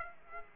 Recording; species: mosquito wingbeat signal from an infrared sensor; Aedes aegypti